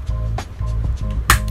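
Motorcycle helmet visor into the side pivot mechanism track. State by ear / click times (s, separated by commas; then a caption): seated / 1.3 s. An Arai RX7X motorcycle helmet visor, already engaged on both side pins of its plastic pivot mechanism, is pulled upward so it shifts into the lower black track. After a softer knock at about 0.4 s over a steady low hum, a sharp click at 1.3 s marks the visor seating in the lower track, ready to use.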